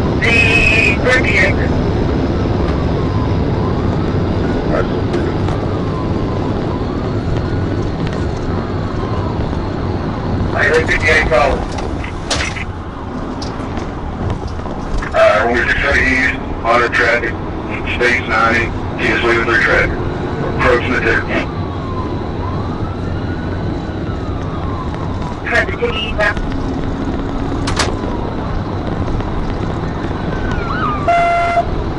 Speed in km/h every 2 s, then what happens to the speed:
219, 212, 195, 187, 182, 132, 134, 137, 153, 166, 167, 161, 158, 171, 172, 180.
0-10 brakes to 132. 10-18 speeds up to 166. 18-24 slows to 158. 24-32 speeds up to 180.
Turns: none.